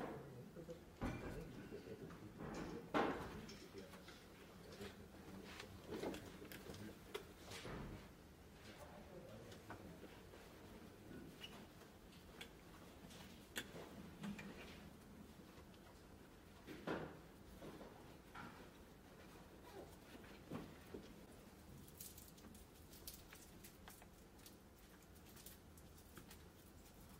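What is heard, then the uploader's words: Glasgow library: a low, steady hum runs underneath a scatter of short knocks, thuds and scrapes, like doors, drawers and books being moved. The sharpest bangs land near 3 and 17 seconds, with faint murmured voices and light clicks filling the gaps. Glasgow library. (university of glasgow).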